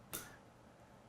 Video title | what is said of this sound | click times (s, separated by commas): 2026 VRS Swerve 01: Introduction & Swerve Drive Assembly | Click. And you can see if I keep going, it's going to click again. | 0.1 s